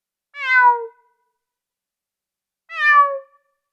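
Cat giving two falling meows about two seconds apart, with nothing else audible.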